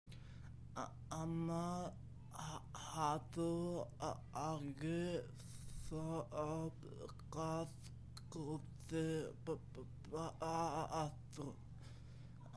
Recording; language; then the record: elicited speech; Bengali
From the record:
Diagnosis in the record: Broca's or global aphasia after a stroke